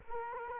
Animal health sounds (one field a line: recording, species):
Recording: mosquito wingbeat signal from an infrared sensor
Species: Culex quinquefasciatus